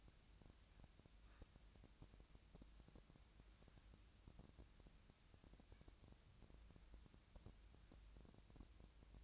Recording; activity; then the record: daily activity, microphone in the room; wipe stove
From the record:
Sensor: 2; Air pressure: 1000.3 hPa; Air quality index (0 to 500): 169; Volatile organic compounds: 3 ppm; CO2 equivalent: 1405 ppm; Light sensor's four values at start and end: 11/28/12/12 and 12/28/12/13